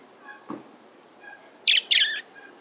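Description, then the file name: European robin song: a long, very high drawn-out whistle followed by two quick scratchy, tinkling bursts, with a soft low thump near the start. "Erithacus rubecula"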